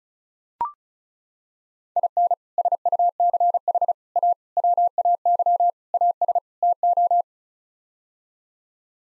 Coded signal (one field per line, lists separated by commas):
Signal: Morse code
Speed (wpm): 36 wpm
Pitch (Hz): 700 Hz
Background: none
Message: IN SUCH A WAY AS TO